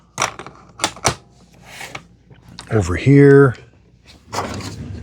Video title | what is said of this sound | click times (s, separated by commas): How to Clean & Maintain the Eufy C20 Robot Vacuum (Full Guide) | And the new mop pads, they simply just click into place. | 0.8 s, 1.1 s